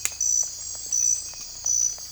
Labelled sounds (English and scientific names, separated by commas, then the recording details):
none
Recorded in secondary vegetation near Puerto Asís, Putumayo, Colombia, on 16 December 2024 at 04:30
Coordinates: 0.481, -76.318
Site G042